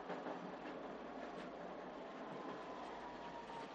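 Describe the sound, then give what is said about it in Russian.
A tram car runs along its rails with a steady, dense rumbling roar, an unbroken wash of mechanical noise holding at an even loudness throughout, with no voices. “в первом вагоне трамвая”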